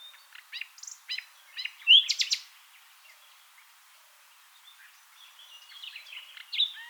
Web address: songs luscinia megarhynchos call